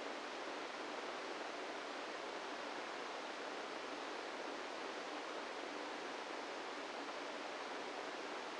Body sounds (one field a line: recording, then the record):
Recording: brain microelectrode recording played as sound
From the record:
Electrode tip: inside the subthalamic nucleus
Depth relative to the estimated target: -3 mm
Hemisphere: right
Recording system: NeuroSet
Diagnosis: Parkinson's disease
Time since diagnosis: 17 years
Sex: male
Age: 64 years